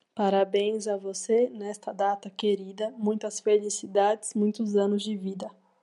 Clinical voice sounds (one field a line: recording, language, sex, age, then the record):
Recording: short text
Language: Brazilian Portuguese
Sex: female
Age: 20 to 29 years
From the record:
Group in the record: control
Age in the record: 28 years